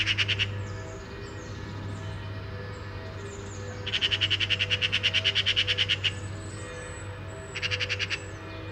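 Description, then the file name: Eurasian magpie rattling call, a short burst, then a long dry chatter of rapid notes and a brief final run, over a steady low hum. "Pica pica"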